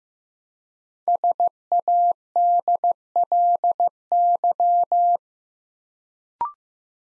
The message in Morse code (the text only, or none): SADLY